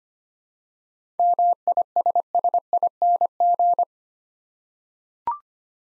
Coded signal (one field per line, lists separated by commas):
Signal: Morse code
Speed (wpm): 25 wpm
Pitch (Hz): 700 Hz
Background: none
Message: MISSING